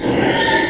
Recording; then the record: squeal of a Yucatan mini pig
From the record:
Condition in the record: before surgery on the right vocal fold (resection and tissue-engineered implant); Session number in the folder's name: 1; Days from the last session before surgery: -3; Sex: male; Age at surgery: 12 weeks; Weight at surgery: 13 kg